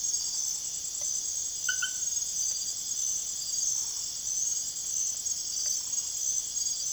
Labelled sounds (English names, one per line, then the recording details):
none
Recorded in secondary vegetation near Puerto Asís, Putumayo, Colombia, on 22 June 2025 at 23:00
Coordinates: 0.489, -76.322
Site G021